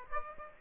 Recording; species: mosquito wingbeat signal from an infrared sensor; Aedes aegypti